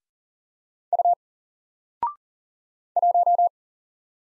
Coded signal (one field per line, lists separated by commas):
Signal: Morse code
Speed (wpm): 40 wpm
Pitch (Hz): 700 Hz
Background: none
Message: U 1